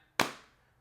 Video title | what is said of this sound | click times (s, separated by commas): The MOST PROTECTIVE CASE For The iPhone 16 Pro Max!! - Casetify Ultra Bounce Case | Very nice, solid click on here. | 0.2 s